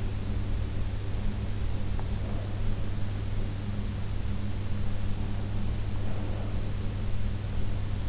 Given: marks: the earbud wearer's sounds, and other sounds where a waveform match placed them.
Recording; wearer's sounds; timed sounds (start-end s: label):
sounds in sleep by an in-ear microphone; breath
2.03-3.16 s: breath
6.00-6.87 s: breath